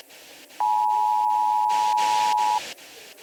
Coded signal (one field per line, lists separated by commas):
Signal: Emergency Alert System (SAME) tones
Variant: 853 and 960 Hz attention tone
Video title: EAS Alert for Dillon County - DILLON COUNTY VHS